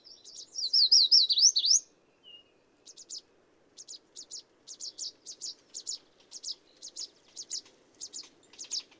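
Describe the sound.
Bird song: a loud, rapid zigzag trill for nearly two seconds, then a long run of short, high chirps in quick succession, with a faint low hum beneath.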